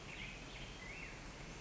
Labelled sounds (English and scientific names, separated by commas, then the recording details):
Black-headed Grosbeak (Pheucticus melanocephalus)
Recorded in Sonoma County, California